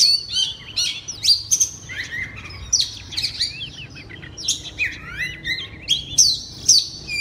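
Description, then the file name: Oriental magpie-robin with a varied, continuous song of high whistles, twisting slurs and chattering notes. Loud (keras) song in the ngeplong style. "suara kacer ngeplong keras"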